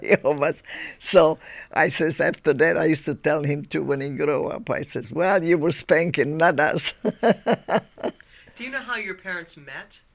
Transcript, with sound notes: It was, so I says, after that I used to tell him, too, when he grow up, I says, "Well, you were spanking, not us." (she laughs)
Do you know how your parents met?